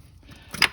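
A small plastic retaining clip on the engine timing belt cover of a 2010 Subaru Forester is pushed outward by hand. After a quiet stretch there is a faint rustle, then a sharp, short snap at 0.6 s as the clip pops out and is released from the cover.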